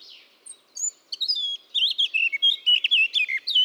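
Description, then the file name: Eurasian blackcap song, a brief sequence of rapid chirpy notes that swoops up and down, growing louder after the first second. "Sylvia atricapilla"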